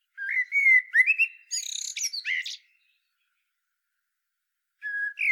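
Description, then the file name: Common blackbird sings one full phrase of low fluted whistles that climb into a thin, squeaky twitter, then begins another phrase after a pause. "Turdus merula"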